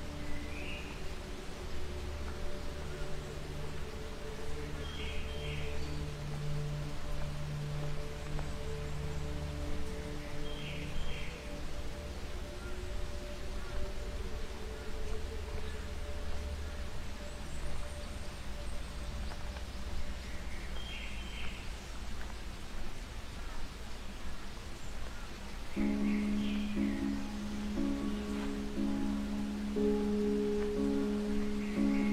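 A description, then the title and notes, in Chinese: Rushing valley water and wind on a mountain pine trail make a steady, dense hiss with a low rumble beneath. Short bird chirps cut through every few seconds. In the last few seconds a steady low drone joins the water. 山中的松树步道，鸟风谷水声。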